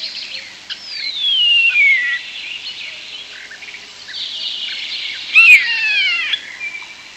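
European starling whistling: a long, smoothly descending whistle, then wheezy notes and a cluster of short downslurred whistles with a sharp click.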